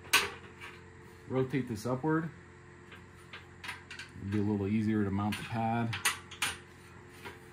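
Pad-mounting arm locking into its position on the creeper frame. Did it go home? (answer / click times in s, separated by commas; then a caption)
yes / 6.4 s. While assembling a Traxion Topside Creeper 3-200 NXT, the pad-mounting arm is rotated upward on the creeper frame as someone talks, with light metallic clatter. A sharp mechanical click at 6.4 s marks the arm locking into place.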